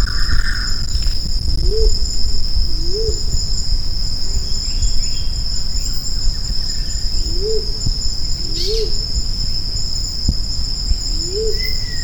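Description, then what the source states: Grey imperial pigeon giving several short, low, rising-then-falling hooting notes over a steady high insect drone and low rumbling background noise. Recorded on Maratua.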